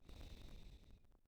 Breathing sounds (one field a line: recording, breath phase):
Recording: one breath near a microphone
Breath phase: exhalation